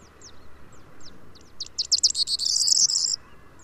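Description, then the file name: Corn bunting song: scattered clipped notes speeding up into a rattling, jangling high trill about one and a half seconds long, over faint background hiss. "Mathias Ritschard - Prosyanka Emberiza calandra"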